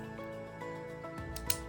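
With music playing in the background, the reset plunger of a Pacsafe Prosafe 1000 combination travel padlock is put back in place after the number is changed and pressed in. A softer tap comes at 1.4 s, then a short, sharp click at 1.5 s as the reset part seats.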